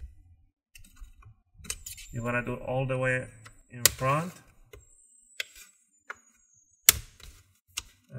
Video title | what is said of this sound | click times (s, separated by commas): How to upgrade Acer aspire 5 A515 SSD HDD FULL GUIDE | you wanna hear some clicks | 0.8 s, 1.6 s, 1.7 s